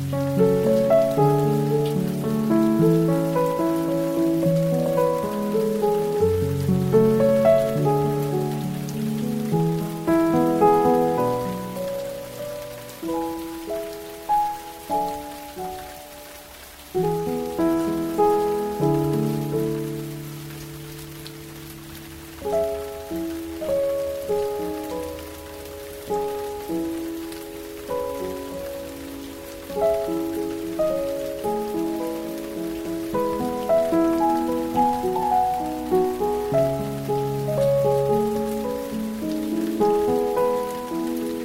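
Gentle piano music plays steady, flowing phrases over a soft, constant hiss of rain, with a brief quiet pause near seventeen seconds.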